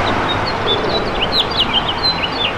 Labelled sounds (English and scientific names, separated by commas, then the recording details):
House Finch (Haemorhous mexicanus) song
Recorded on Long Island, New York, on 8 June 2012
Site WH
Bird D